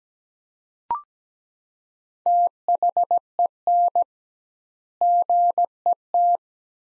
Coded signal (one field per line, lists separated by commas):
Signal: Morse code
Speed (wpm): 17 wpm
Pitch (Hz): 700 Hz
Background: none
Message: THEN GET